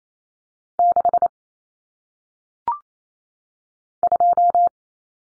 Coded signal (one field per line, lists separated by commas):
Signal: Morse code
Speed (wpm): 28 wpm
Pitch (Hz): 700 Hz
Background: none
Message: 6 2